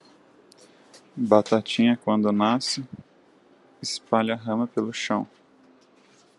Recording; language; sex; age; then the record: short text; Brazilian Portuguese; male; 30 to 39 years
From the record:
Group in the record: control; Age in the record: 33 years